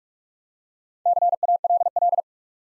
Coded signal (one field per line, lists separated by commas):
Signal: Morse code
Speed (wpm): 45 wpm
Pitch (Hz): 700 Hz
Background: none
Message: CALL